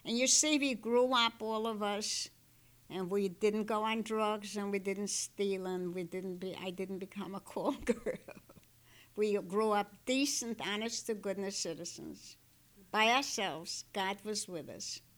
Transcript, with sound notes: And, you see, we grew up, all of us, and we didn't go on drugs, and we didn't steal, and we didn't, I didn't become a call girl. ( she laughs ) We grew up decent, honest-to-goodness citizens. By ourselves, God was with us.